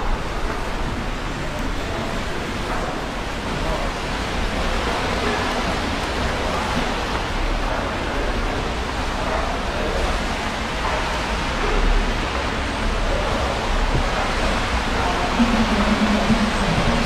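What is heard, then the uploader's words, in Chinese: Walking through rain on a city street at night: a dense, steady hiss of rainfall fills the whole clip with little change in level. Underneath runs a low rumble, likely traffic, and near the end a faint low hum rises briefly. 晚上在城市街头的雨中行走。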